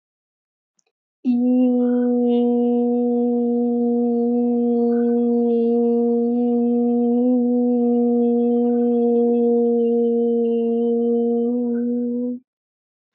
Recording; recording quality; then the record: sustained vowel as in beet; excellent, no background noise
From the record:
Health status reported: healthy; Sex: female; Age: 28 years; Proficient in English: yes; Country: India